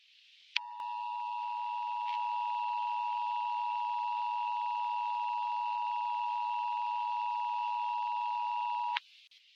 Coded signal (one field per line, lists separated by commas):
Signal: Emergency Alert System (SAME) tones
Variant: 853 and 960 Hz attention tone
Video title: EAS Scenario: Irradiated Independence (Part II)